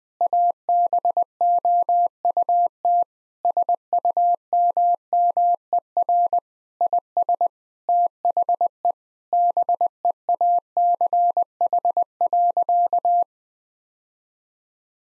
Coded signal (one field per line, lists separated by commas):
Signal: Morse code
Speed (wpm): 20 wpm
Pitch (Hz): 700 Hz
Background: none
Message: ABOUT SUMMER IS THE BEACH.